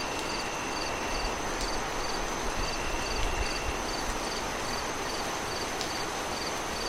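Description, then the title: Crickets chirp in brief, evenly spaced high bursts, partly buried beneath steady rain noise. Crickets mixed with rain sounds in a relaxing sleep soundscape. "Relaxing Rain, Singing Crickets & Nature Sounds"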